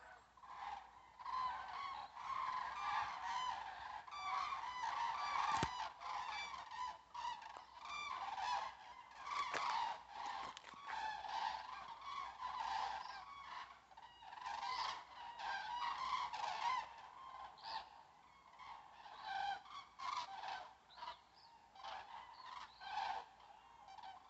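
A flock of cranes calls without pause, overlapping honking and trumpeting cries packed densely throughout, with a brief sharp knock near the six-second mark.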